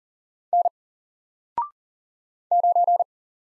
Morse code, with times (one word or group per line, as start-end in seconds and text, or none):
0.5-0.7 N
2.5-3.0 9